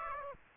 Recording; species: mosquito wingbeat signal from an infrared sensor; Aedes aegypti